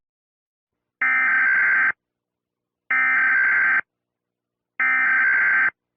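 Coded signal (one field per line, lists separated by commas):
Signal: Emergency Alert System (SAME) tones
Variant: header bursts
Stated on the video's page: EAS message aired on Nickelodeon during a rerun; old clip reuploaded from another source.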